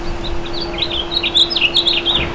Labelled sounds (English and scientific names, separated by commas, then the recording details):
House Finch (Haemorhous mexicanus) song
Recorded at Merrick on Long Island, New York, on 17 May 2013
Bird B